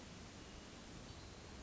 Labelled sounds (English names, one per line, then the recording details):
Hermit Thrush
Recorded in Sonoma County, California